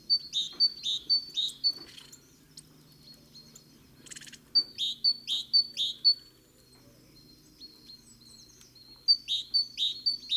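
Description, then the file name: Great tit singing sharp, high see-saw notes in three quick runs separated by pauses, with a faint low hum underneath. "Parus major"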